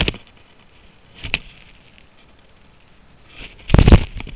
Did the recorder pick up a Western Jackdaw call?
no